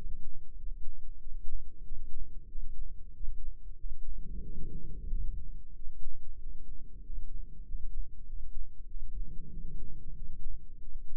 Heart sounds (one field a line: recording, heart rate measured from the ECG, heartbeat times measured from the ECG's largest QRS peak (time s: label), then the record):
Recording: heart sounds by microphone in the left ear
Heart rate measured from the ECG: 94 bpm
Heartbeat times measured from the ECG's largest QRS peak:
0.57 s: heartbeat
1.20 s: heartbeat
1.85 s: heartbeat
2.49 s: heartbeat
3.13 s: heartbeat
3.78 s: heartbeat
4.43 s: heartbeat
5.09 s: heartbeat
5.75 s: heartbeat
6.40 s: heartbeat
7.03 s: heartbeat
7.65 s: heartbeat
8.27 s: heartbeat
8.88 s: heartbeat
9.50 s: heartbeat
10.15 s: heartbeat
10.80 s: heartbeat
From the record:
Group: healthy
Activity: rest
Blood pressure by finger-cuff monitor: 130/74 mmHg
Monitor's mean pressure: 91 mmHg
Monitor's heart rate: 93 bpm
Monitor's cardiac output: 8.7 L/min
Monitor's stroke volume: 93 mL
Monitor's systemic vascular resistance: 770 dyn s/cm5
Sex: male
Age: 33 years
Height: 179 cm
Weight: 80.4 kg